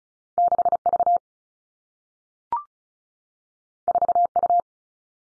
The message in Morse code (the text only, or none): 6 V 4 U